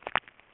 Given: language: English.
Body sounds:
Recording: throat vibration sensor signal played as sound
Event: swallow

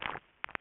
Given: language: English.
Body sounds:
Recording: throat vibration sensor signal played as sound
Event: swallow

